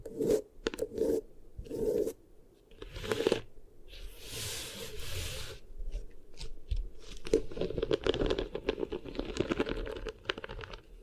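Beeswax ear triggers: short sticky, crackling squishes come in separate bursts for the first three seconds, then a longer soft hissing rub around four to five seconds. From seven seconds on, the crinkling and crunching turns denser and nearly continuous.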